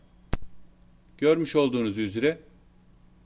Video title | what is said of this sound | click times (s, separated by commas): Intel 12. Nesil İşlemci Montaj Rehberi. (Intel Core i5-12400F + MSI PRO H610M-E DDR4) | şu anda tırnak kilitlendi Yani bunu artık yerinden çıkaramazsınız | 0.3 s